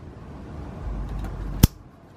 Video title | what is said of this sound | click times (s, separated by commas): Return Style Fuel System Conversion Part 2 - Filter to Regulator | You hear it click. | 1.6 s